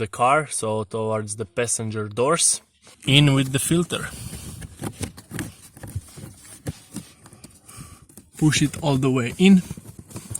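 A pleated cabin (pollen) filter is slid into its plastic housing under the dashboard of an Audi A6 C7, guided toward the passenger door, while someone talks. Light scraping and tapping sounds come as it is lined up. It is not yet pushed fully home, and nothing has seated or clicked yet.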